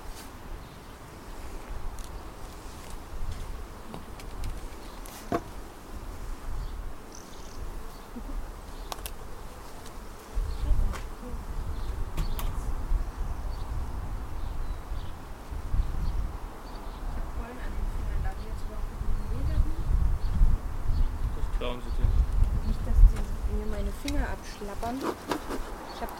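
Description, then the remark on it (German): A steady, droning buzz of many honeybees around an open hive carries on throughout, layered over low gusty wind rumble, with a few sharper clicks and faint voices now and then. “Also lässt du den anderen Raum wirklich dem Honig den Bienen?”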